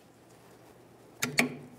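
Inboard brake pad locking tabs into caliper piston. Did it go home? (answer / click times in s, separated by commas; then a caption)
yes / 1.2 s, 1.4 s. Rear brakes on a 1998-2011 Ford Ranger: the inboard brake pad, with three locking tabs, is pressed into the center of the caliper piston. After a quiet start, two sharp clicks are heard at 1.2 s and 1.4 s. The pad clip snaps in and is seated.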